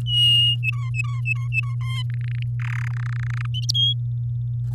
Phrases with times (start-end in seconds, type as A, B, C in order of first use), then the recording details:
0.06-0.56 A, 0.62-1.74 B, 1.81-2.02 C, 2.10-2.43 D, 2.60-2.88 E, 2.90-3.46 F, 3.54-3.94 G. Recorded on 8 May 2018 at 09:19. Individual llb16